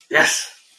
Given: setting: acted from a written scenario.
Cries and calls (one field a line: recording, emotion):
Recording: vocal sound without words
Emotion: elation